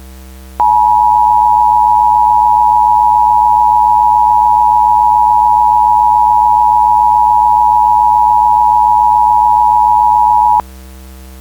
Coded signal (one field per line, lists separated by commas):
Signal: Emergency Alert System (SAME) tones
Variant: 853 and 960 Hz attention tone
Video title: Minneapolis Massacre (SB LII EAS Scenario)